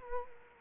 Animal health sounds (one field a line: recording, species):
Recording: mosquito wingbeat signal from an infrared sensor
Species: Culex quinquefasciatus